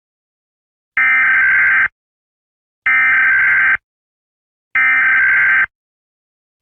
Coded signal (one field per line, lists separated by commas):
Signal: Emergency Alert System (SAME) tones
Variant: header bursts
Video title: EAS Scenario: Iran and France Nuke USA